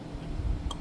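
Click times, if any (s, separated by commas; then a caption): 0.7 s. A guitar control knob and its retaining clip are squeezed down at the top onto a potentiometer shaft. A short, sharp click sounds at 0.7 s over a low background rumble, and the knob is seated and locked in place.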